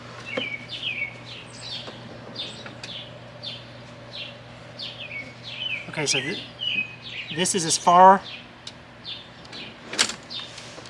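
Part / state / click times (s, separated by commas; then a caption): slide-out table on locking drawer slides in a van cabinet / seated / 10.0 s. A slide-out outdoor table on locking drawer slides in a van cabinet is pulled out about 4 feet to full extension while birds chirp throughout and someone talks. A sharp click at 10.0 s marks the table locking into place at full extension.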